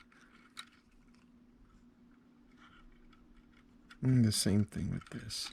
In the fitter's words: reposition it give it a little push until you hear that little click